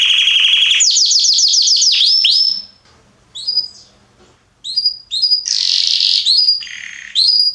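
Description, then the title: Belgian canary song: a buzzy roll and fast descending chirp series, a short pause, then scattered notes and another loud rolling trill. Male Belgian canary named Salsa singing very strongly and a lot; used to warm up young birds. "Canary Training Esquente Seu Filhote E Canario Belga Macho Cantando Muito. Canrio Belga Salsa cantando muito forte"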